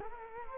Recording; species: mosquito wingbeat signal from an infrared sensor; Culex quinquefasciatus